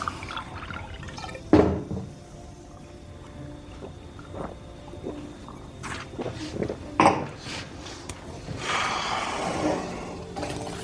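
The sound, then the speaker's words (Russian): A few soft clinks and knocks, then a steady gurgling hiss of wine being poured into a glass for a couple of seconds as a man pours himself a drink. No one speaks. “Сергей наливает себе вина.”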